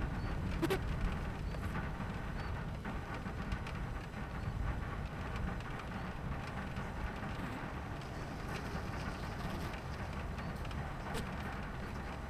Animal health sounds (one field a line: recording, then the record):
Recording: honeybee colony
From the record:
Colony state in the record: missing queen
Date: 14 July 2017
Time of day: 11:42